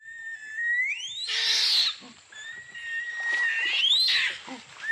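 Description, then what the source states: Orangutan calls: two long whistles that climb steeply into rough, screechy squeals, over a steady high background tone. Orangutans in a zoo.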